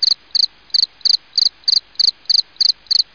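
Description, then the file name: Cricket chirping: high, clean chirps repeat steadily about three times a second, each a quick burst of three pulses, over a quiet background. "CVRCEK"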